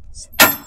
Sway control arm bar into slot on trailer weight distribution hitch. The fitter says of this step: and this clicks right in here there's a little slot there it clicks on